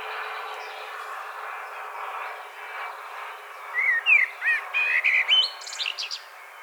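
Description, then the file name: Common blackbird song: several seconds of steady background hiss, then a phrase of clear fluted whistles leading into a rapid, high, scratchy twitter. "Turdus merula"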